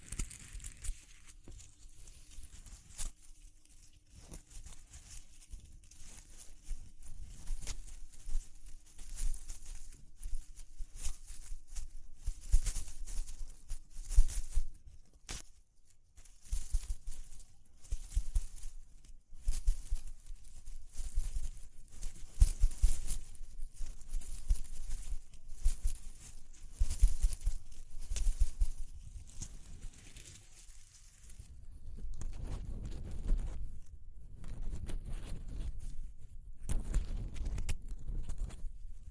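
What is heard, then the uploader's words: Rough, crackling textures of rustling and patter, with dense irregular bursts and frequent brief pauses. A faint steady tone hums underneath for the first fifteen seconds, followed by a short near-silence. After about thirty seconds the sound turns heavier, with deeper rumbling scrapes. ASMR Exploring Textures (No Talking).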